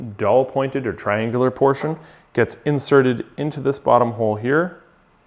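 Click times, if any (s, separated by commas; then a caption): none. Someone talks while the pointed, triangular end of a cutting blade is handled toward the bottom hole of the blade holder on the tool head of an xTool M1 laser engraver and cutter, where it is meant to snap in magnetically. Only speech is heard, and nothing has seated or clicked yet.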